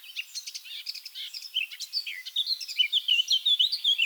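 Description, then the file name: Eurasian blackcap song, a busy jumble of chattering and scratchy notes that turns into sweet, loud whistles toward the end. "Sylvia atricapilla"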